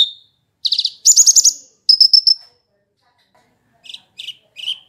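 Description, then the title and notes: Horsfield's bush lark song of short buzzy trills and rattling bursts, then a pause and three softer high chirps near the end. "Kicau Burung Branjangan"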